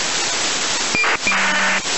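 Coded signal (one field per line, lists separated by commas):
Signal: ACARS aircraft data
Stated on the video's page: VHF ACARS on 131.25 MHz received with an RTL-SDR V3 dongle, direct sampling off.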